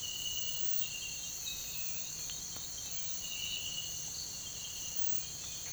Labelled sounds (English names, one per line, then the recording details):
none
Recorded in pastures near Puerto Asís, Putumayo, Colombia, on 21 December 2024 at 05:30
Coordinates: 0.472, -76.329
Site G072